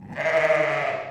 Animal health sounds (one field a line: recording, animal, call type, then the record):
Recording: contact call of a hoofed animal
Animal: sheep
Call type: low-frequency (closed-mouth) or high-frequency (open-mouth) call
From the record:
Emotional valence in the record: positive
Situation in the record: reunion with pen mate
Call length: 1.11 s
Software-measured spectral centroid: 1770 Hz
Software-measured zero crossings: 2000 a second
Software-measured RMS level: -23 dBFS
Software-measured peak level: -9 dBFS